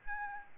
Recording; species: mosquito wingbeat signal from an infrared sensor; Aedes albopictus